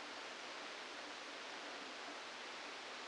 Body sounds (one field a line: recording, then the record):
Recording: brain microelectrode recording played as sound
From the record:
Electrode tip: inside the subthalamic nucleus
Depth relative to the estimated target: -3 mm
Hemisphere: left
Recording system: NeuroSet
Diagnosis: Parkinson's disease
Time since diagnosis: 27 years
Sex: male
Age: 62 years